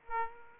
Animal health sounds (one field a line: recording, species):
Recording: mosquito wingbeat signal from an infrared sensor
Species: Aedes aegypti